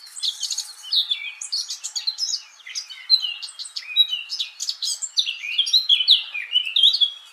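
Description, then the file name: Eurasian blackcap singing a fast, continuous scratchy warble of varied high chirps and short twittering phrases, tumbling along without pause; no other sounds stand out. "Sylvia atricapilla"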